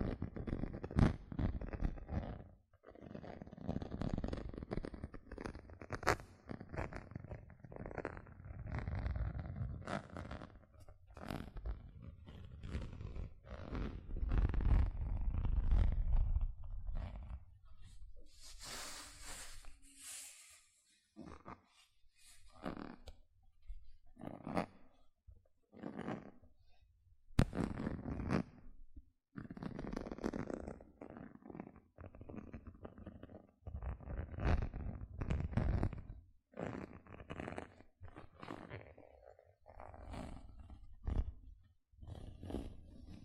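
Gentle scratching fills the clip, a dense, grainy scraping with many quick strokes and a low rumbly texture beneath. Around twenty seconds a brief brighter hiss appears, followed by a short lull before the scratching resumes in uneven bursts until the end.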